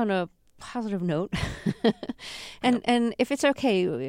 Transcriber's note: laughter